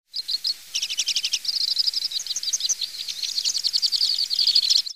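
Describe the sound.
Bird calls in a dense, rapid twittering of high chirps, running almost without pause.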